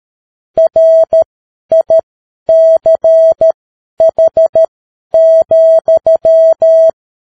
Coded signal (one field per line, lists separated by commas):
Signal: Morse code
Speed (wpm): 13 wpm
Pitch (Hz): 650 Hz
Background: none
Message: RICH,